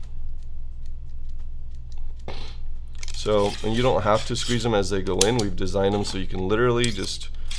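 A filter tray is handled at the filter stage of a camera matte box, with its spring catches left unsqueezed, while someone talks over a few small handling sounds and light taps. The clip ends before the tray is pushed in, so nothing has seated or clicked yet.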